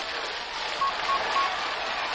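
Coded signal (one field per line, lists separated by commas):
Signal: none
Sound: game countdown beeps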